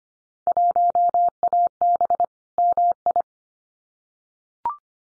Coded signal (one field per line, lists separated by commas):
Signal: Morse code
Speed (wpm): 25 wpm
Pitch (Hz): 700 Hz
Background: none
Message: 1AB MI